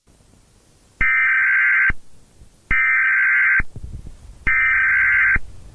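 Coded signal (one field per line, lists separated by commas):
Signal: Emergency Alert System (SAME) tones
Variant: header bursts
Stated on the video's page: Fictional EAS horror scenario made for entertainment, not a real alert.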